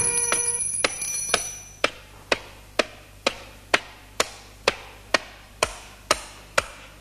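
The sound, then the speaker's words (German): A telephone hanging on an old oak in the forest, used to call the forest telephone exchange, rings briefly with a bright, buzzing tone, then a steady series of sharp dialing clicks follows, about two per second, each crisp and evenly spaced with no voices. “Wartet, ich rufe die Waldtelefonzentrale an. Drüben an der alten Eiche hängt ein Telefon.”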